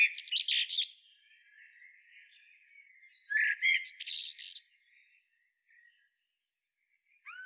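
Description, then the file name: Common blackbird with squeaky twittered notes, then a fluty warbled phrase after a pause, and a faint call near the end. "Turdus merula"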